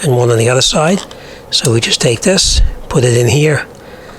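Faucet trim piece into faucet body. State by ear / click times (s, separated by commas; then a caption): not seated / none. A plastic faucet trim piece with two small tabs underneath is being handled and put into its mating slots on the faucet body while someone talks. Nothing has seated or snapped into place yet.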